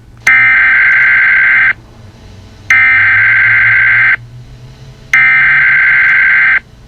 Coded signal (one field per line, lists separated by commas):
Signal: Emergency Alert System (SAME) tones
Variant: header bursts